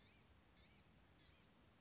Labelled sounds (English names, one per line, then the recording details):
Blue-gray Gnatcatcher
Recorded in Sonoma County, California